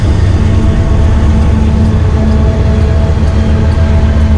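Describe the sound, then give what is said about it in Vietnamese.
A loud, steady train rumble with deep low-end throb and faint rhythmic clatter running throughout, no voices over it. “Tiếng xe lửa to quá ha.”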